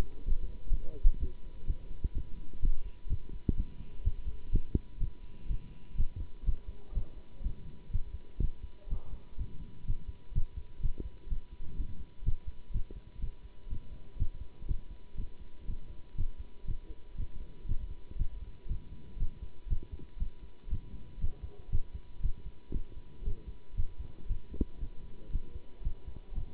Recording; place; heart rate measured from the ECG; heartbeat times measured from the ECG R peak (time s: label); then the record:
heart sounds by stethoscope; between the tricuspid and mitral areas; 122 bpm
0.24 s: heartbeat
0.71 s: heartbeat
1.19 s: heartbeat
1.66 s: heartbeat
2.13 s: heartbeat
2.61 s: heartbeat
3.08 s: heartbeat
3.56 s: heartbeat
4.03 s: heartbeat
4.51 s: heartbeat
4.99 s: heartbeat
5.47 s: heartbeat
5.96 s: heartbeat
6.45 s: heartbeat
6.93 s: heartbeat
7.42 s: heartbeat
7.91 s: heartbeat
8.40 s: heartbeat
8.89 s: heartbeat
9.37 s: heartbeat
9.85 s: heartbeat
10.33 s: heartbeat
10.81 s: heartbeat
11.28 s: heartbeat
11.76 s: heartbeat
12.24 s: heartbeat
12.72 s: heartbeat
13.20 s: heartbeat
13.68 s: heartbeat
14.17 s: heartbeat
14.66 s: heartbeat
15.16 s: heartbeat
15.66 s: heartbeat
16.16 s: heartbeat
16.66 s: heartbeat
17.16 s: heartbeat
17.66 s: heartbeat
18.17 s: heartbeat
18.67 s: heartbeat
19.18 s: heartbeat
19.68 s: heartbeat
20.18 s: heartbeat
20.69 s: heartbeat
21.19 s: heartbeat
21.70 s: heartbeat
22.21 s: heartbeat
22.72 s: heartbeat
23.23 s: heartbeat
23.75 s: heartbeat
24.27 s: heartbeat
24.79 s: heartbeat
25.31 s: heartbeat
25.82 s: heartbeat
26.33 s: heartbeat
From the record:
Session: Bruce protocol treadmill stress test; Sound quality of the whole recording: good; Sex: male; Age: 24 years